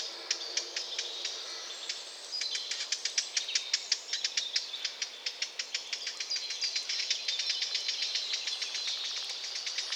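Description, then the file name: Eurasian blackcap with a dense run of sharp clicking calls over a steady high hiss. "Sylvia atricapilla"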